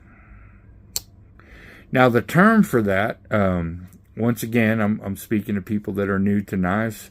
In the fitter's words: I'm going to give you another example of the snap of this blade how it locks into place